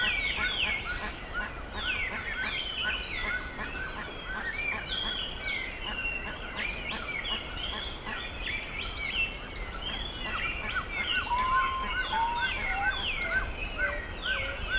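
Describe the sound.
Many birds calling together, quick chirps and twitters overlapping throughout, with a brief lower whistle near the end and steady background rumble.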